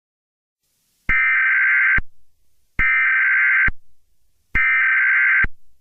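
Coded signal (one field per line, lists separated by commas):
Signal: Emergency Alert System (SAME) tones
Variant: header bursts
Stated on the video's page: Fictional scenario alert about Smile Dog.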